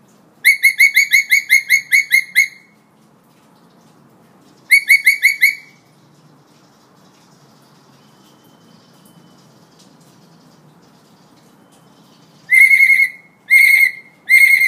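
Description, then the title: Hill myna producing bursts of rapid, ringing whistled notes, then a long quiet stretch, then further short clipped bursts of the same clear notes. Energetic 'gacor' singing myna; recording intended as a master tutor track for training birds. "Suara Burung Beo Gacor Cocok Untuk Masteran"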